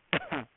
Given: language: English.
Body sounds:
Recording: throat vibration sensor signal played as sound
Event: cough

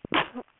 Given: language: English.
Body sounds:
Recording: throat vibration sensor signal played as sound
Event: cough

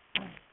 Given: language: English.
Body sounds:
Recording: throat vibration sensor signal played as sound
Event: throat clearing

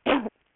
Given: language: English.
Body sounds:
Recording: throat vibration sensor signal played as sound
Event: cough

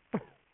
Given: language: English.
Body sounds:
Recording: throat vibration sensor signal played as sound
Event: cough

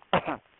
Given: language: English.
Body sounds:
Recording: throat vibration sensor signal played as sound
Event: cough

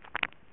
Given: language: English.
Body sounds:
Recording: throat vibration sensor signal played as sound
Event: swallow

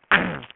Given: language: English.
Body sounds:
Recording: throat vibration sensor signal played as sound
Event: throat clearing

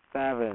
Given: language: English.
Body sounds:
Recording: throat vibration sensor signal played as sound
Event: speech

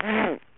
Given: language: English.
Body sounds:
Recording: throat vibration sensor signal played as sound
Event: throat clearing

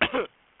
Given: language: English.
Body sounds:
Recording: throat vibration sensor signal played as sound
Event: cough

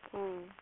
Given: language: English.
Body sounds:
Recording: throat vibration sensor signal played as sound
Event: speech

